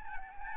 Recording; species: mosquito wingbeat signal from an infrared sensor; Aedes albopictus